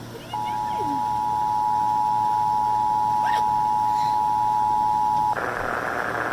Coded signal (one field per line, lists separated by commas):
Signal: Emergency Alert System (SAME) tones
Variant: 853 and 960 Hz attention tone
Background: speech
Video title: EAS Tests from 7/03/22 (EAS 3826-3832)